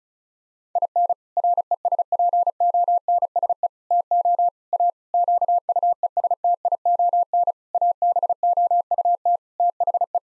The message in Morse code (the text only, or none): IN RESPONSE TO A QUESTION ABOUT THE